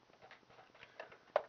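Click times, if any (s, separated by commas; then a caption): 1.4 s. Plastic wings on a Slave 1 toy spaceship from the Toys R Us exclusive The Rise of Boba Fett Ultimate Battle Pack are moved into flight mode, which unlocks the cockpit. A few faint plastic taps and rattles lead up to one sharp plastic click at 1.4 s as the cockpit lock releases.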